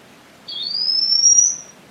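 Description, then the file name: Olive manakin song: one pure, high whistle gliding upward and fading after about a second, over soft background noise. "Canto do dancarino olivaceo"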